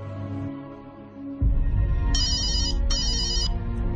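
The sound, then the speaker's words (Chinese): A mobile phone rings twice as Xiaomei calls her best friend Xiao Ai, two steady electronic tone bursts with a short gap between them, over a low, rumbling background hum that swells just before. “打开手机，小美打通咗佢闺蜜小艾嘅电话。”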